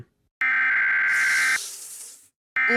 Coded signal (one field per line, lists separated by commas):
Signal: Emergency Alert System (SAME) tones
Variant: header bursts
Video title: European SCARED In Reaction To: Emergency Alert Systems (EAS) are Scary 🚨❗️🆘